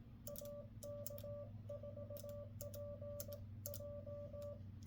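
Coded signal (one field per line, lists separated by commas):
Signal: Morse code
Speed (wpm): 18 wpm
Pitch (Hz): 580 Hz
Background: none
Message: AK4PJ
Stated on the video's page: Morse sent by a learner after one month of learning CW.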